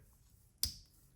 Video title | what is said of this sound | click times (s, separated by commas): This is a Gem! - ABW Slipjoint | right and you'll get a really nice click when you open it | 0.6 s